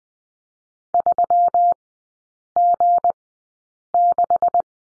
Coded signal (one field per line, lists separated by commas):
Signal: Morse code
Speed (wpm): 20 wpm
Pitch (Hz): 700 Hz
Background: none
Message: 3G6